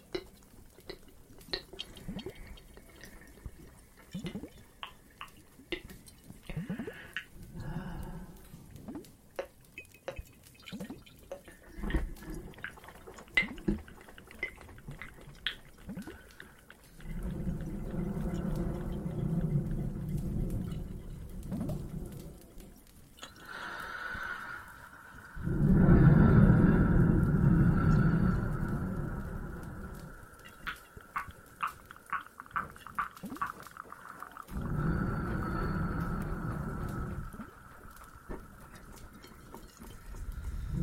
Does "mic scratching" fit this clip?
no